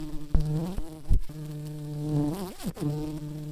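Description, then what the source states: Tree bumblebee buzzing, a steady low droning hum with rich harmonics, broken by several brief sharp clicks and a short wavering pitch swoop near the end. Queen bees.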